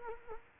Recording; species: mosquito wingbeat signal from an infrared sensor; Culex quinquefasciatus